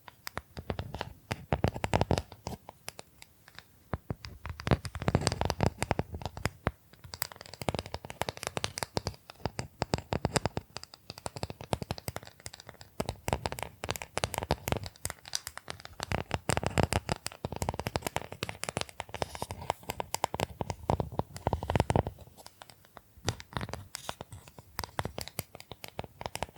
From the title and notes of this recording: ASMR Brain Tingling Bamboo Tapping, Scratching and Brushing Sounds for Sleep (No Talking).